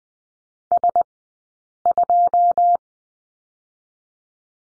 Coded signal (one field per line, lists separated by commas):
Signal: Morse code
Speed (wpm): 20 wpm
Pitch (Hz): 700 Hz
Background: none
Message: S2